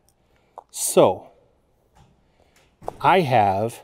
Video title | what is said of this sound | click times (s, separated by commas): How Rivian Reduced Costs in the R1S Gen 2 Interior Without Compromising Style | the decorative Chrome bezel then snaps over top of that | 0.6 s